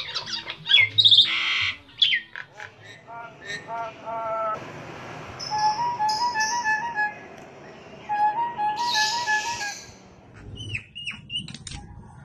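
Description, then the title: Nias hill myna calls: harsh squawks, then steady whistled notes and a repeated wavering tone. Loud, prolific singing, intended as a masteran model for training other songbirds. "Burung Jalak Nias Gacor Suara Super Gledek Untuk Masteran"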